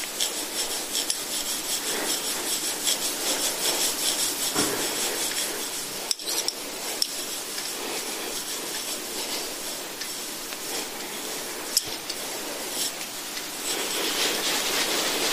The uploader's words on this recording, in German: Sanfte Massageklänge. Klänge der Massageinstrumente.